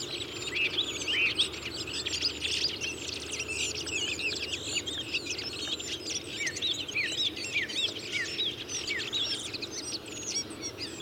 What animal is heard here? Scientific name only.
Turdus iliacus